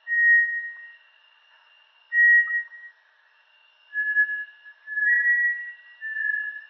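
Bartlett's tinamou giving long, level whistled notes, each about a second long, spaced irregularly, with a thin higher tone coming and going in the background.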